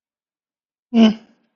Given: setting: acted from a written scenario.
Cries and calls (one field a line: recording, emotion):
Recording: vocal sound without words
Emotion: neutral